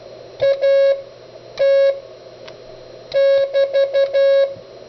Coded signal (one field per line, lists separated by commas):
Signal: Morse code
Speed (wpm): 12 wpm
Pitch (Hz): 550 Hz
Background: none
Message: AT <BT>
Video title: "Autologging" with the Begali CW Machine